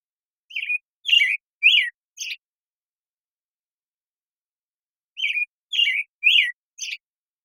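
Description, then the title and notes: American Robin singing two groups of four rich, slurred whistled phrases, the groups separated by a long silent gap. Morning song in a very long sequence, from the Pacific Northwest, Washington, United States; parabolic recording processed clean for clarity with natural pacing and rhythm kept. "BIRDSong Thrushes And Allies - American Robin Morning Song. American Robin, Turdus migratorius, morning song. Recorded in the beautiful Pacific Northwest, Washington, United States"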